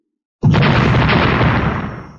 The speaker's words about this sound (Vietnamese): Một trận thanh âm nổ thật to, càng thâm thúy vang hơn là cả vực ngoại không gian.